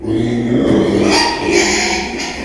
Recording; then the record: squeal of a Yucatan mini pig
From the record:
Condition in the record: after surgery on the right vocal fold (resection and tissue-engineered implant); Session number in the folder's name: 2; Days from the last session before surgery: 13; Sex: male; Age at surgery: 12 weeks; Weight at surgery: 13 kg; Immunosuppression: cyclosporine, prednisolone